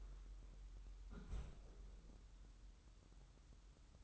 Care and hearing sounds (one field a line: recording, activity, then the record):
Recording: daily activity, microphone in the room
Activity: close fridge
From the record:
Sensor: 3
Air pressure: 994.4 hPa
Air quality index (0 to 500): 208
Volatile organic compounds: 1000 ppm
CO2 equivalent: 6955 ppm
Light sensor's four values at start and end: 188/453/191/189 and 188/453/190/189